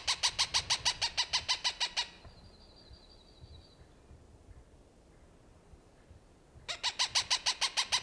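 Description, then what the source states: Cooper's hawk giving a rapid series of harsh, nasal cak notes, pausing, then resuming; a faint high buzzy trill sounds during the gap. Recorded June 21, 1995.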